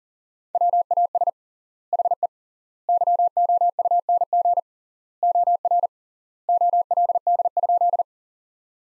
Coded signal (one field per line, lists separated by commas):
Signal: Morse code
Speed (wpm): 40 wpm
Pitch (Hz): 700 Hz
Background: none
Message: WAS HE YOUNG OR OLD?